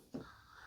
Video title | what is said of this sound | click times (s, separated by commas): Cylinder Misfire after Changing Fuel Injectors | and make sure to push it in straight until it clicks into place. | 0.2 s